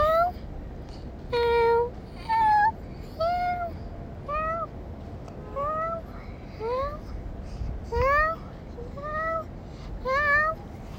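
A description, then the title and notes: A cat at feeding time meows again and again, roughly a dozen short calls over the eleven seconds, some rising and some falling in pitch, coming about once a second. A steady low rumble sits underneath throughout. Cat Feeding.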